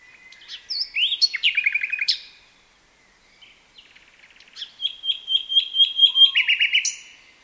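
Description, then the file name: Common nightingale song: two phrases of varied whistles and fast repeated trills, the second with a rapid chattering series ending in a high note. "Luscinia megarhynchos"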